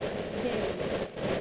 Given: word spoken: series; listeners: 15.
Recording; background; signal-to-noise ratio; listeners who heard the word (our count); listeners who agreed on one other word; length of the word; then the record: one English word in noise, from a listening test; noise modulated by three-talker babble; -6.1 dB; 5 of 15; 6 of 15; 1.01 s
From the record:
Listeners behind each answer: 6, 5, 1, 1, 1, 1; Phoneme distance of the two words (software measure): 20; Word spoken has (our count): 2 syllables, 5 phonemes, stress on syllable 1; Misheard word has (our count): 2 syllables, 5 phonemes, stress on syllable 1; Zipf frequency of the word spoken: 4.97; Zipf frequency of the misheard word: 5.16